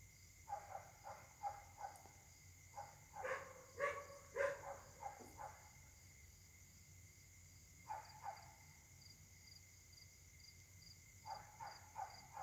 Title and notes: Caltex, 3 mares, Réunion. La nuit s'annonce difficile pour les habitants: concert de chiens